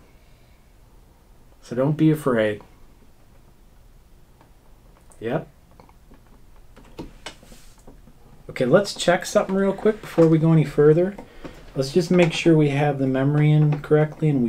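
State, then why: Seated. A RAM module is pushed firmly into its keyed motherboard DIMM slot, which takes quite a bit of pushing, and the retention latches click into place at 7.3 s. Small ticks come before it, and someone talks before and after. The module is seated.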